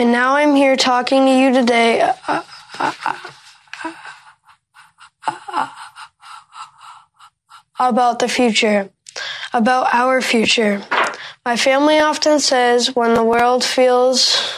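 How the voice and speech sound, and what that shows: A 13-year-old boy who stutters delivers a Democratic convention speech. His speech halts in a prolonged silent block of several seconds before resuming.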